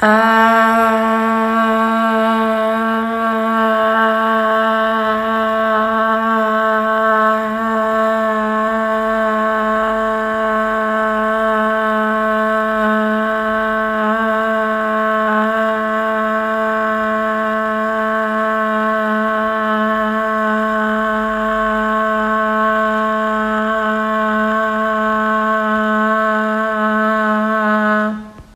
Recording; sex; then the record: sustained vowel /a/; female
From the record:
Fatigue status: no fatigue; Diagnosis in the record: COVID-19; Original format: m4a